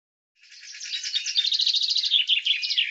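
Common chaffinch song: a rapid series of repeated notes, changing to different notes toward the end.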